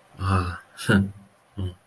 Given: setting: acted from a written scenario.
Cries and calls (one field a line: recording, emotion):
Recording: vocal sound without words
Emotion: romantic love